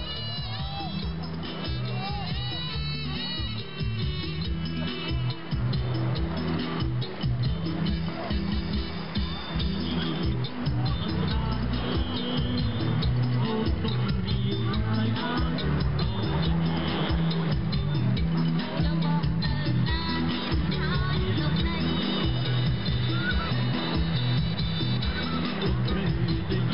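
Music plays steadily from a seaside bar, with a strong, pulsing low beat and a bright voice line weaving above it, while a wash of surf and murmuring talk runs underneath. The mix stays dense and fairly loud throughout, without a break.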